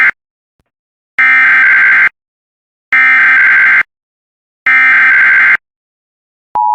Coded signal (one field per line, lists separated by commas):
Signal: Emergency Alert System (SAME) tones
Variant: header bursts